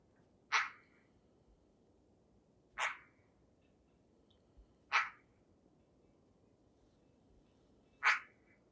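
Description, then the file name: Eurasian magpie giving four single harsh, rasping chack calls at uneven intervals of two to three seconds, with a quiet background. "Pica pica"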